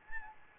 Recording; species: mosquito wingbeat signal from an infrared sensor; Anopheles gambiae